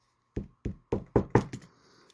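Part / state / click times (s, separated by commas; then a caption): extendable plastic axe handle on a toy figure's weapon / not seated / none. Someone repeatedly pushes the extendable plastic handle of the axe belonging to a Transformers Legacy United Animated Optimus Prime toy figure, making six sharp knocks at about 0.4, 0.7, 0.9, 1.2, 1.4 and 1.5 seconds that grow louder toward the end. The handle has not snapped into place yet; nothing has seated or clicked.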